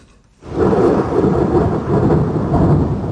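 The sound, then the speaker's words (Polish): A loud, rolling rumble of thunder during a thunderstorm swells in abruptly after a short quiet moment and keeps grumbling heavily and steadily, deep and booming, with no voices. “Jak są bardzo głośne pioruny, to strasznie się boimy i zaczynamy się zastanawiać, czy dobrze się zabezpieczyliśmy.”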